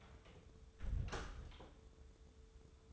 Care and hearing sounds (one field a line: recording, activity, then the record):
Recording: daily activity, microphone in the room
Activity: close door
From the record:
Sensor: 3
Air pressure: 1015.2 hPa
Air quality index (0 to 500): 137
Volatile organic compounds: 6 ppm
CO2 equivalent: 1930 ppm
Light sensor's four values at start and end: 16/40/16/17 and 16/40/16/17